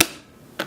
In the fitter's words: after snapping the relay pack in place you're going to want to look down the side of the controller